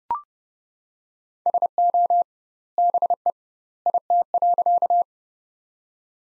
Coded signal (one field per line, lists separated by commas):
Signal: Morse code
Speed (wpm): 30 wpm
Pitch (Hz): 700 Hz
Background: none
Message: SO BE IT.